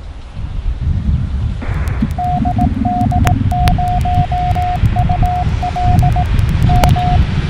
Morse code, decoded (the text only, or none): DD0UL M